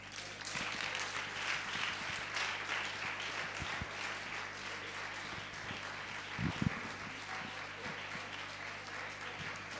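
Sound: audience applause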